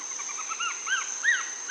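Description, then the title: Greyish mourner giving rising-and-falling whistled notes that swell louder and higher across the brief phrase, against a continuous high insect buzz. Nominate subspecies Rhytipterna simplex simplex. "LuckyPassaro Completos2Sama. Greyish Mourner (Rhytipterna simplex simplex)"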